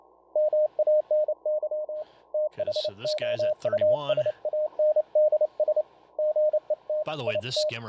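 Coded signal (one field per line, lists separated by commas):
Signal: Morse code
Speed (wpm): 28 wpm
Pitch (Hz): 610 Hz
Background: speech, radio noise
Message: MANY THOUSANDS GET IT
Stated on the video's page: CW sent automatically as macros from Expert Electronics EESDR software via the TCI interface and SDC client.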